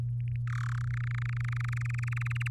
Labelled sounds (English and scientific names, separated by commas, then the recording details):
Domestic Canary (Serinus canaria) song
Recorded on 7 May 2018 at 16:50
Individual llb16